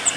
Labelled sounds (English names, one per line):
Cape May Warbler flight call